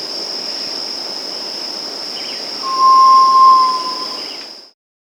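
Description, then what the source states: Black tinamou giving a single pure, steady whistled note lasting about a second and a half, over a constant high insect drone. Andean bird of South America.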